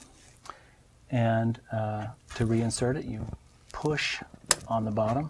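A memory module (DIMM) is released from its slot on a desktop motherboard by pushing the top retaining clip, which levers the module out. Light clicks are heard early on, with the clearest one at about 0.5 s as the clip releases and the module pops out. Someone then talks.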